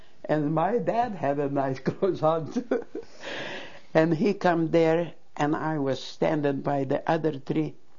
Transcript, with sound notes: And my dad had the nightclothes on, too. ( she laughs ) And he come there, and I was standing by the other tree.